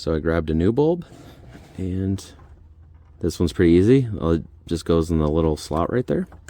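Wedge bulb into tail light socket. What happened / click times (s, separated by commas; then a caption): The bulb has not yet clicked into its socket / none. Someone talks while handling a new wedge bulb for a tail light, lining it up to be pushed into the slot of its plastic socket. Only speech is heard, with no distinct handling sounds. The clip ends before the bulb goes home, and nothing has seated or clicked yet.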